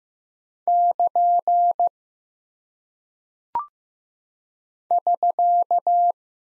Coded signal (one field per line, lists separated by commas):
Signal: Morse code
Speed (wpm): 15 wpm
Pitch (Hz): 700 Hz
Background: none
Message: <KN> <SK>